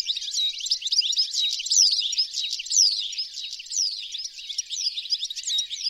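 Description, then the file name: European goldfinch calls as a continuous tinkling chatter, with sharp down-sweeping notes standing out every second or so. "Carduelis carduelis"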